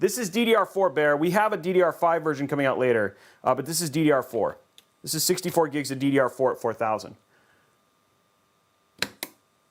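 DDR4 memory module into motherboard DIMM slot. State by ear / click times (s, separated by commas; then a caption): seated / 9.0 s, 9.2 s. Someone talks for about seven seconds, then after a short silence a DDR4 memory module from a 64 GB DDR4-4000 kit is pushed into its motherboard DIMM slot. The retention latch gives two sharp clicks at 9.0 s and 9.2 s as the module seats, and the click is rated 92.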